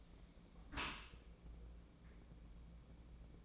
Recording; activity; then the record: daily activity, microphone in the room; close dishwasher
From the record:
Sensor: 1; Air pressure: 1012.4 hPa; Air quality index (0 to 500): 171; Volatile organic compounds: 3 ppm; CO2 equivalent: 1397 ppm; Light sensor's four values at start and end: 339/780/344/377 and 340/781/344/378